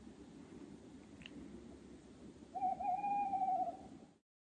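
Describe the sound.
Tawny owl delivering a single drawn-out, quavering hoot lasting just over a second, preceded and accompanied by a steady low background rumble.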